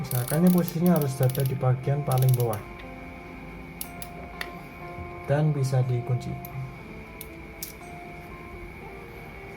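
During reassembly of a KastKing Sharky Baitfeeder III 4000 spinning fishing reel, a small internal retaining part is handled and pressed toward its place in the reel body while someone talks, with music in the background. Sharp ticks occur near 3.8, 4.0, 4.4, 7.2 and 7.6 seconds. The part has not yet seated or clicked into place by the end.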